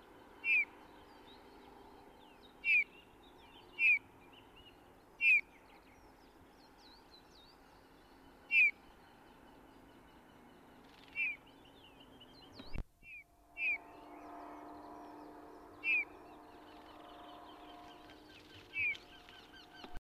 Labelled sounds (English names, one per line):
Eurasian Bullfinch call
Common Chiffchaff
Eurasian Wryneck
Great Tit